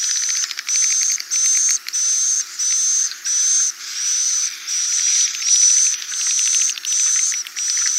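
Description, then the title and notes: Swiftlet buzzy calls, about a dozen rasping bursts with a bright whistled tone in each, spaced under a second apart. Swiftlet sound used for swiftlet farming in Asia. "Swiflet Bird Sound. Farming Swiflet Bird asia sound"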